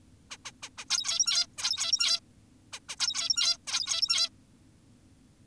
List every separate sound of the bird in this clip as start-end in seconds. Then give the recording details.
0.31-0.37, 0.45-0.52, 0.63-0.69, 0.78-0.85, 0.90-1.47, 1.58-2.20, 2.73-2.80, 2.89-2.96, 3.00-3.58, 3.68-4.30. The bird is an adult. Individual g17y2U